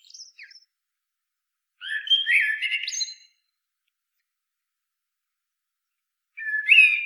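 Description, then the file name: Common blackbird song: faint thin notes at first, then a mellow fluting phrase with a shrill twittered ending, a pause, and another phrase beginning. "Turdus merula"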